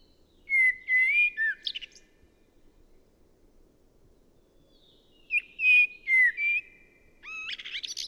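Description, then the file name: Common blackbird singing rich, fluty warbled phrases that rise and fall, each closing with a high scratchy twitter, the phrases separated by a few seconds of quiet. "Turdus merula"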